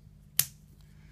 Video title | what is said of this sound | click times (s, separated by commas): Alpha Resources AR683 and AR683K Replacement Kit for 619-591-683 | until it snaps | 0.4 s